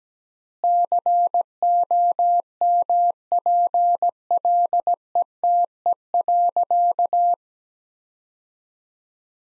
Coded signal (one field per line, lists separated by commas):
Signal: Morse code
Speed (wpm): 17 wpm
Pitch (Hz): 700 Hz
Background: none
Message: COMPLETE.